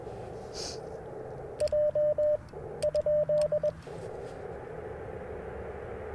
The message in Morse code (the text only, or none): J ?